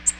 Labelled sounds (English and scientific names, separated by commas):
Nashville Warbler (Leiothlypis ruficapilla) flight call